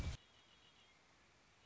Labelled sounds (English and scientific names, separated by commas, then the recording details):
Red-winged Blackbird (Agelaius phoeniceus)
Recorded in Sonoma County, California